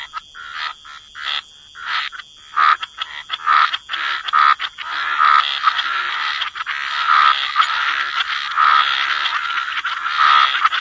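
Frogs croaking in chorus, a few spaced notes building into steady continuous calling, with a high steady tone throughout.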